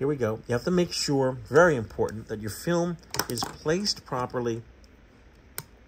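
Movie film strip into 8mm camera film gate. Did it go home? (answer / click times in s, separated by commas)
yes / 5.6 s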